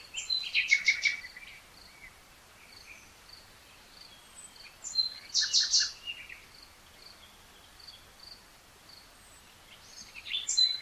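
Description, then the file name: Common nightingale song: rich, rattling phrases near one and six seconds, linked by faint high whistled notes against a background of light hiss. "Luscinia megarhynchos"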